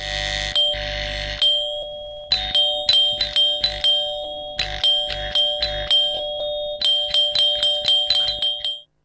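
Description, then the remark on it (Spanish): A doorbell rings over and over with a harsh, buzzing electronic tone, first in a few longer presses, then in a rapid, insistent string of short rings, loud and with no voices. “Pasaron los segundos, los minutos, digamos mejor unas horas, por ser fieles a la realidad, cuando suena el timbre de la puerta.”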